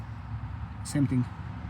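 A second retaining clip is being fitted with pliers onto a Tripac APU connector, the same way as the first. Someone talks briefly over a low steady background hum. Nothing has seated or clicked yet.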